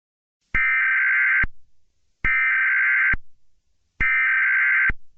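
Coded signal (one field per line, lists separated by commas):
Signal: Emergency Alert System (SAME) tones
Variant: header bursts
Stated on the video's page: Fictional original EAS scenario using valid EAS tones.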